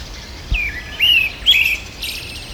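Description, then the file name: Pale thrush singing three quick whistled phrases, each a slurred note, closing with a soft, very high twittering trill against steady low hiss. "siroharas"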